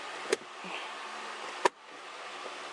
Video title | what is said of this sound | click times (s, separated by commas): Keith messed up my splitter & IRP short shifter | it clicks right in and then | 1.7 s